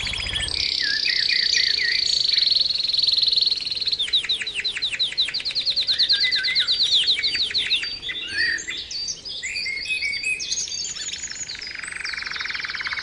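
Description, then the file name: Canary song of varied tours: a high rapid trill, a run of repeated sweeping notes, then assorted chirps and a buzzy roll. Canary song used for training or conditioning ('terapi') of cage birds. "kenari terapi omkicau"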